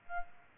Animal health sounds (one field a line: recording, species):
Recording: mosquito wingbeat signal from an infrared sensor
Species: Aedes albopictus